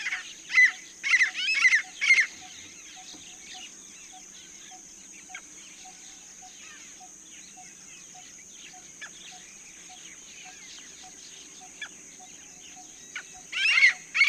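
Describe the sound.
Swamp francolin giving harsh, rasping call bursts at the start and again at the end, separated by a long quieter stretch with faint regular pips in the background.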